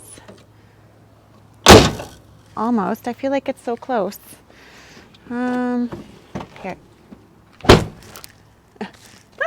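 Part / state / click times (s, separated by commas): hood latch striker into the front latch of a car / not seated / none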